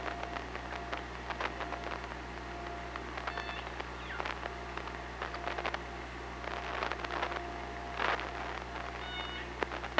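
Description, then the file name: Killer whale echolocation clicks come in irregular trains, with two brief stacked calls, one early and one near the end, over a steady underwater drone. Recorded on an OrcaLab hydrophone, 24 August 2017 at 18:40. "Orca Lab UTLN JASON 20170824 184012"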